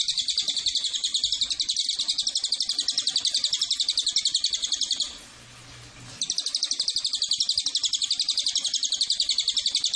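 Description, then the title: Cililin delivering a long, steady run of rapid, high, metallic notes, broken by one short pause, then resuming. Cililin bird song used as a masteran tutor or pancingan lure for training birds. "MASTERAN SUARA BURUNG CILILIN BISA JUGA PANCINGAN CILILIN"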